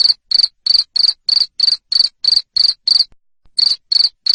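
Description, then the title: Cricket chirping in loud, even pulses about three per second, each a bright high trill, with one short pause near the end. Loud cricket chirping played to make lovebirds sing continuously. "Suara JANGKRIK NGERIK Keras Bikin LOVEBIRD Jadi NGEKEK Terus Vubey"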